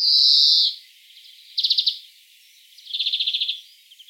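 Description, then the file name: European greenfinch starting with a strained, drawn-out wheeze, followed by two quick twittering trills. "Chloris chloris"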